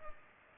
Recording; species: mosquito wingbeat signal from an infrared sensor; Culex pipiens